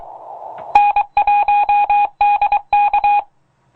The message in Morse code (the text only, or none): N1DK